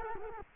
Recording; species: mosquito wingbeat signal from an infrared sensor; Culex quinquefasciatus